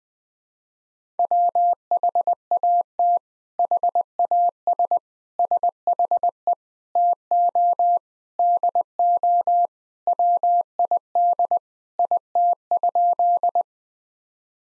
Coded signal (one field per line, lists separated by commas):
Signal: Morse code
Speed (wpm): 21 wpm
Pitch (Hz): 700 Hz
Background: none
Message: WHAT HAS SHE TO DO WID IT?